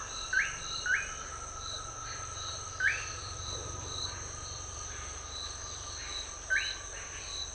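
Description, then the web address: Manakin giving short, sharp rising notes at irregular intervals, a few seconds apart, over a steady high insect drone. "sound Manakin. صدای-پرنده-رنگینک"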